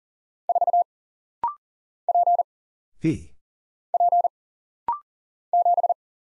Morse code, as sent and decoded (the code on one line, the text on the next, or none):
....- / .--. / .--. / --...
4 P P 7